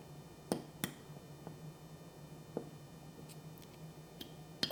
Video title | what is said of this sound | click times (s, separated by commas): Glock Gen 5, Full disassembly and reassembly | it snaps all the way in that should be flush all the way up against the top | 4.6 s